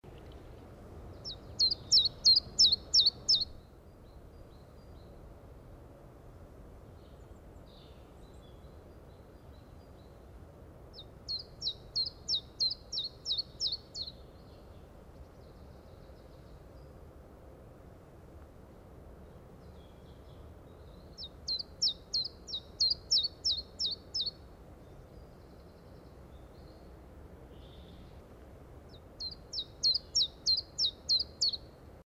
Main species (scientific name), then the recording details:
Phylloscopus collybita. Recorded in the wild. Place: Hilden, Nordrhein-Westfalen, DE. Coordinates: 51.19, 7.2. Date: 1995-04-08. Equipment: Sony WM-D6C. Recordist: Skiba, Reinald. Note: Hildener Stadtwald